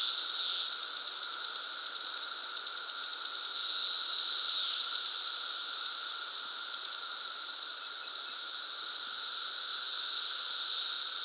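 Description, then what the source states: Periodical cicada chorus of shrill buzzing with repeated swells that drop in pitch, interspersed with runs of fast clicking pulses over a lower hum. Chorus in Central Illinois during the 2024 cicada super bloom.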